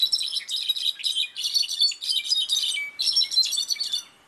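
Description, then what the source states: Brown-backed Solitaire song, a rapid, tumbling run of bright, high, ringing notes and trills in quick bursts, pausing briefly near two seconds and three seconds. Second of two songs played for comparison; songs differ in structure and duration depending on where birds grow up, like dialects; sings year-round in high-altitude forests from Mexico to Central America.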